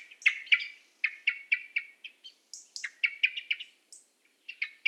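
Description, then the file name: Common blackbird calling: a series of sharp, clipped chinking notes repeated several times a second in bursts, with a few higher thin notes, in a quiet background. "Turdus merula"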